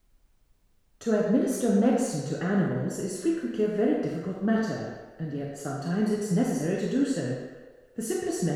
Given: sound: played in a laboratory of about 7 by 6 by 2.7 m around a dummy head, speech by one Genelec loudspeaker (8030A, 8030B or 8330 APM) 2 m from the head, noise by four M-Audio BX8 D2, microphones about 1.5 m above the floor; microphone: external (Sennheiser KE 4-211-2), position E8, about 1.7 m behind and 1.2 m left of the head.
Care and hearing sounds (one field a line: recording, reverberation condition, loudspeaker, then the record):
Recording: female speech in English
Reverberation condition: high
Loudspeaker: 120 degrees to the left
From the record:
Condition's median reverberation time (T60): about 1300 ms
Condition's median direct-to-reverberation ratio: about -4.0 dB